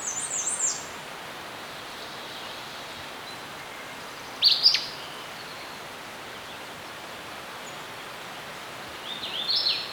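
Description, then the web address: Bird chirps: short, very high twittering bursts at the start, middle and end, separated by long gaps of soft steady hiss. Birds chirping in a serene forest. "Dr Sound Effects. Birds Chirping In a Serene Forest"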